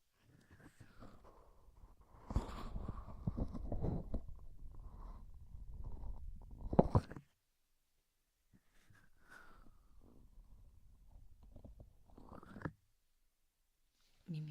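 Two long stretches of low, gurgling rumble, about five and four seconds each, are separated by a short silence and end with rising squeaks. This is stomach growling, ordinary bowel sounds.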